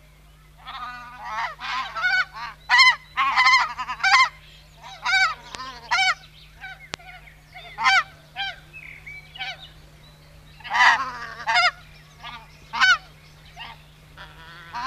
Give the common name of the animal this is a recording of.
Emperor Goose